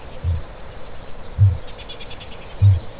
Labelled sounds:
Kākāpō boom

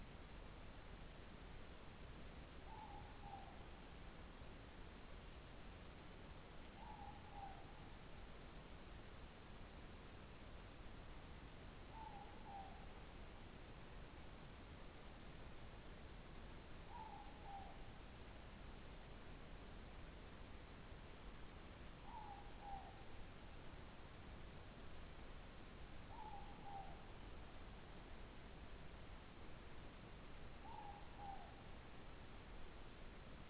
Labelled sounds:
Morepork more-pork call

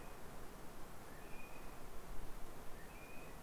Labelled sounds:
North Island Brown Kiwi male call

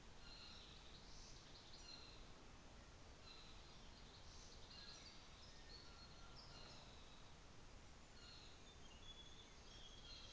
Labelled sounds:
North Island Saddleback
New Zealand Fantail

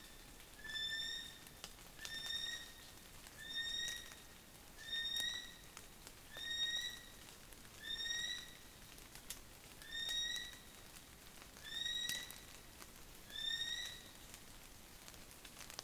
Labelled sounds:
North Island Brown Kiwi male call

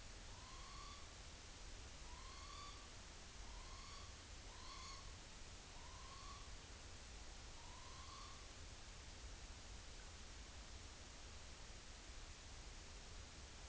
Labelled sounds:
Morepork trill

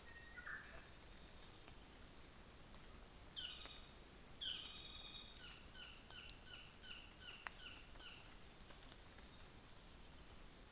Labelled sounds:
North Island Saddleback

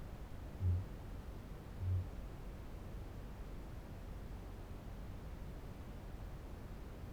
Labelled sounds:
Kākāpō boom

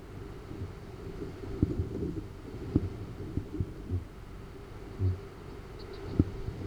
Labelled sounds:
Kākāpō boom

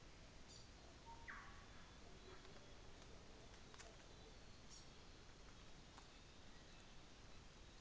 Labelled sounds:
New Zealand Fantail

